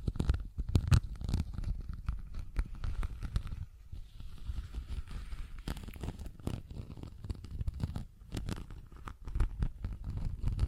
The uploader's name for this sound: Tapping, Scratching & Zipper Sounds